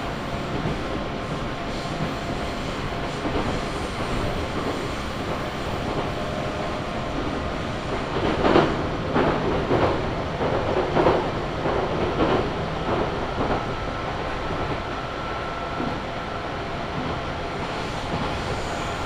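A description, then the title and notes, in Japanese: A train on the Chuo West Line runs between Junikane and Kiso-Fukushima, its steady rumble and hiss filling the whole clip. From about eight to thirteen seconds a burst of louder, rhythmic clattering from the wheels and rails comes through before the noise settles again. 中央西線 十二兼→木曽福島。十二兼駅を過ぎると単線区間が出てきます。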